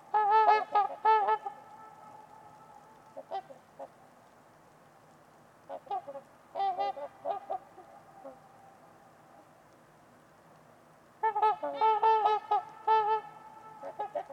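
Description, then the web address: Trumpeter swan calls, bursts of loud trumpeting honks from several birds, separated by quieter stretches with sparse calls, ending in another vigorous chorus. Trumpeter swans at Winters Lake on a winter evening, in a deep, quiet valley with distant white noise. "Wind-is-the-Original-Radio-Fridays Nick-Mc Mahan Winters-Lake-with-Swan. Trumpeter Swans on a Winter's Eve"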